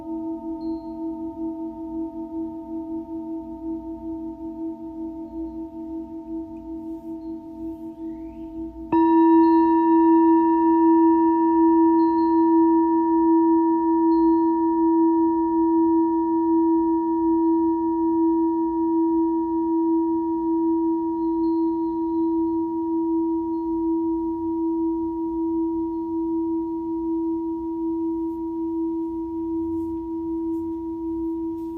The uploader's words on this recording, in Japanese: メキシコから シンギングボウルのサウンドヒーリング ライブ。